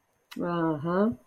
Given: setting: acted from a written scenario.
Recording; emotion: vocal sound without words; neutral